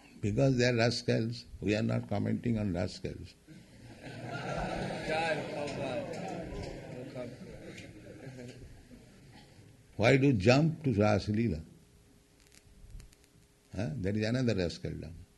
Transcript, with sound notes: Because they are rascals. We are not commenting on rascals. [laughter] Why do you jump to rāsa-līlā? That is another rascaldom.